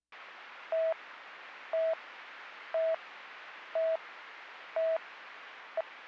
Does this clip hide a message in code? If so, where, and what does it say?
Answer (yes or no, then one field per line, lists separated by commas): no